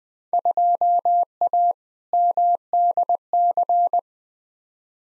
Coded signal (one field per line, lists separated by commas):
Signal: Morse code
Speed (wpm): 21 wpm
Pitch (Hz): 700 Hz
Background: none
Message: 2A MDC